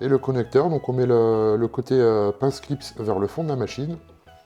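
An air-hose connector is handled at its socket on an xTool S1 laser engraver, with the marked side facing the back of the machine, while someone talks throughout. The connector is being pushed toward its socket, but nothing has seated or clicked yet.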